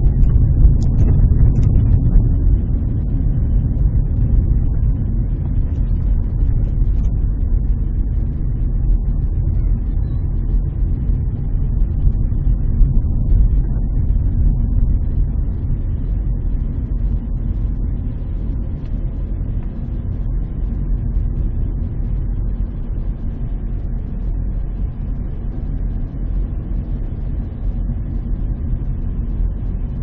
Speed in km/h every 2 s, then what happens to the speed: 25, 26, 23, 19, 19, 19, 20, 19, 21, 20, 20, 20, 21, 21, 21.
0-6 slows to 19. 6-30 steady at about 20.